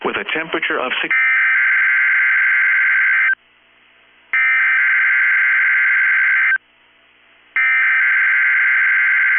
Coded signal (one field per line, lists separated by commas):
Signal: Emergency Alert System (SAME) tones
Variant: header bursts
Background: speech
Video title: 10/5/22 - KEC65 Required Weekly Test (EAS #665)